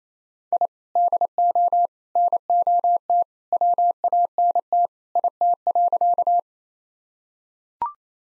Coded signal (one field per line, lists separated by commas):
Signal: Morse code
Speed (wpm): 28 wpm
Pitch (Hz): 700 Hz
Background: none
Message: I DO NOT WANT IT.